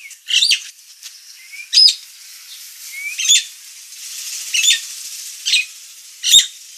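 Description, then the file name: Nias hill myna giving scratchy squeaks and short rising whistles, spaced irregularly, over a faint background hiss. Described as gacor, a lively and persistent singing style, with a noisy, loud voice. "Kicau Jalak Nias Gacor Suara Berisik"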